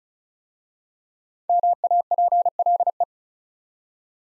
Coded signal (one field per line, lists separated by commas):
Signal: Morse code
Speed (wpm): 36 wpm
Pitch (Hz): 700 Hz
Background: none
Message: MAPLE